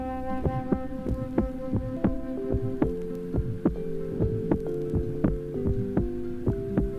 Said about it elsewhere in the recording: Example of a clearly split first heart sound recorded at the lower sternum in a five-year-old child. The child is breathing, and a sinus arrhythmia is present. You will hear the two components of the first sound, a short, soft, innocent systolic murmur, and a normally split second heart sound.